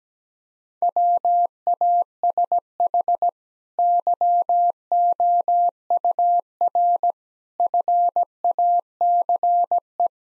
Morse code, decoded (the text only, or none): WASH YOUR FACE